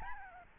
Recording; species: mosquito wingbeat signal from an infrared sensor; Aedes albopictus